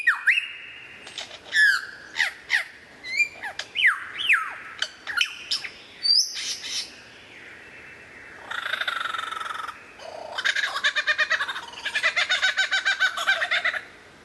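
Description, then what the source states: White-rumped shama singing a varied series of whistled, slurred notes, followed by harsher chattering and buzzy rattling passages toward the end. Described as the best murai batu of 2014, used as mastering (tutor) material for training other birds.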